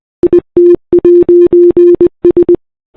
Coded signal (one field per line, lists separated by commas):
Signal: Morse code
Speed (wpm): 20 wpm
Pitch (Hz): 340 Hz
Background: none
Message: IT'S